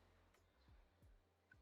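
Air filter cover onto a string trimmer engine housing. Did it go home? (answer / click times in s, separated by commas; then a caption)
no / none. The plastic air filter cover of a Ryobi CS26 string trimmer is handled and pressed onto the engine housing, with soft low knocks over a steady low hum and a brief sharp tick at about 1.5 s. Nothing has seated or clicked yet.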